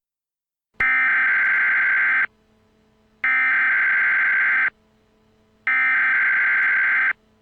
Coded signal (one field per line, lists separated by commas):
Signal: Emergency Alert System (SAME) tones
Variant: header bursts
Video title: EAS Scenario - AndrewSilverman's Old Channel Invasion By Zakkujennasei (REMASTERED) [Fixed Version]